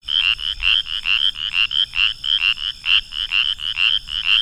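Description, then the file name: Spotted chorus frog giving brief, buzzy trilled notes, repeated rapidly. "pclarkii"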